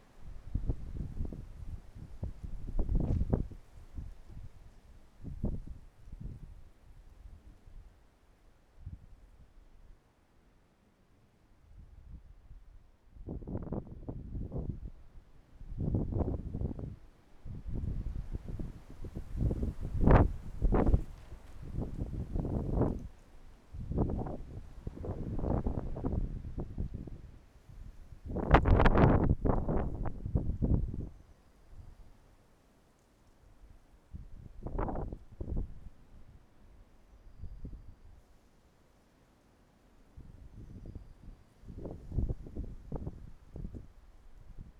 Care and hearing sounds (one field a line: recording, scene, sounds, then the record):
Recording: everyday scene through a hearing-aid microphone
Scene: wind on the microphone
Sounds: wind, traffic, birds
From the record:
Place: suburban garden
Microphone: behind the ear, right, front